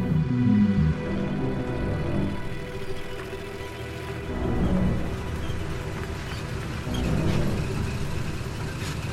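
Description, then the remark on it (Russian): A car drives steadily along a road, its low engine hum and tyre rumble continuous, swelling slightly a few times as it moves, with no voices. “сидя за рулем, пристально смотрит на дорогу.”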